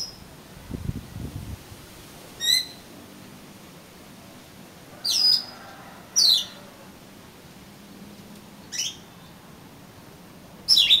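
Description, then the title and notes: Oriental magpie-robin giving sparse, sharp whistled notes spaced out at irregular intervals, with a brief low thud near the start. "suara kacer. kumpulan suara burung kacer"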